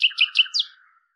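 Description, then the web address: Bird chirps: four quick bright notes in under a second, the last one higher and fading away. "cianscape birddata Deverinetal 2025"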